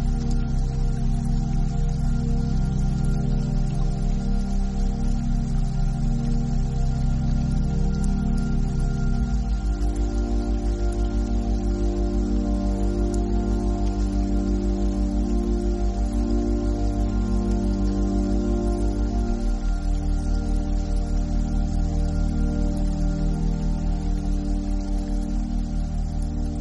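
A beta binaural tone bed: a steady, dense cluster of low sustained hums with faint overtones above and no breaks in level. The pitch pattern shifts in clear steps near ten and twenty seconds, each section holding a slow, even pulsing throughout.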